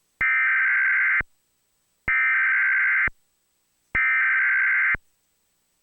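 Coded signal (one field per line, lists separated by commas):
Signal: Emergency Alert System (SAME) tones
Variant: header bursts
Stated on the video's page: National periodic test re-sent on a Trilithic EASyCAST encoder, shown on a Weatherstar 4000 emulator.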